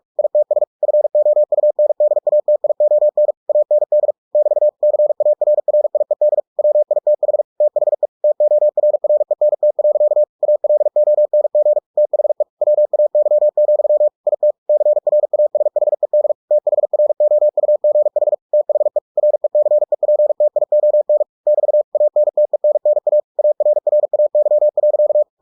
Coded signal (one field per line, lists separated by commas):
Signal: Morse code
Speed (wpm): 46 wpm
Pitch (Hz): 600 Hz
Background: none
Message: ITS FOUNDATION AND <BT> CARRIED WITH THE TORRENT. ALONG THE WAY, IT CRASHED THROUGH THE RECEPTION <BT> ANTENNA ARRAY.